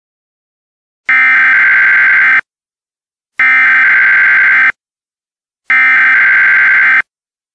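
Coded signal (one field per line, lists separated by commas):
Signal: Emergency Alert System (SAME) tones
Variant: header bursts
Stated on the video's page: Fictional EAS scenario, a simulated alert.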